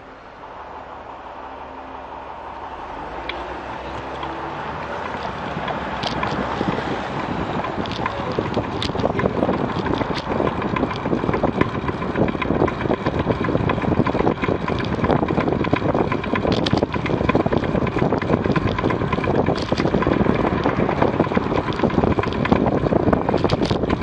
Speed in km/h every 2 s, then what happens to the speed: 15, 22, 26, 30, 33, 33, 33, 34, 35, 34, 33, 33.
0-7 speeds up to 33. 7-24 steady at about 33.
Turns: none.